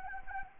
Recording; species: mosquito wingbeat signal from an infrared sensor; Anopheles gambiae